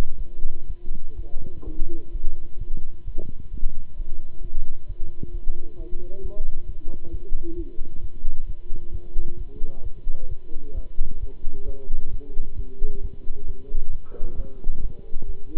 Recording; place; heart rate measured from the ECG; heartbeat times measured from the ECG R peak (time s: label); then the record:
heart sounds by stethoscope; between the tricuspid and mitral areas; 131 bpm
0.17 s: heartbeat
0.66 s: heartbeat
1.15 s: heartbeat
1.63 s: heartbeat
2.11 s: heartbeat
2.57 s: heartbeat
3.04 s: heartbeat
3.50 s: heartbeat
3.96 s: heartbeat
4.41 s: heartbeat
4.86 s: heartbeat
5.31 s: heartbeat
5.76 s: heartbeat
6.21 s: heartbeat
6.65 s: heartbeat
7.10 s: heartbeat
7.55 s: heartbeat
8.00 s: heartbeat
8.46 s: heartbeat
8.91 s: heartbeat
9.37 s: heartbeat
9.82 s: heartbeat
10.28 s: heartbeat
10.73 s: heartbeat
11.19 s: heartbeat
11.65 s: heartbeat
12.10 s: heartbeat
12.55 s: heartbeat
13.00 s: heartbeat
13.45 s: heartbeat
13.90 s: heartbeat
14.35 s: heartbeat
14.80 s: heartbeat
15.25 s: heartbeat
From the record:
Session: Bruce protocol treadmill stress test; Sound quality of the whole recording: good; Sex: male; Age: 26 years